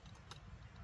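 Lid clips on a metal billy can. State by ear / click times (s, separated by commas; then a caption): not seated / none. The wire/metal clips on the lid of a metal billy can are handled as they are swung over to fasten it, with a low rumble and a brief bright tick of handling noise at about 0.3 s. Nothing has seated or clicked into place yet.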